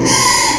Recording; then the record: squeal of a Yucatan mini pig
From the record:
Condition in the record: before surgery on the right vocal fold (resection and tissue-engineered implant); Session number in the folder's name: 2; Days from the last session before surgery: 0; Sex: male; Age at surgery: 12 weeks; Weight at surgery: 13 kg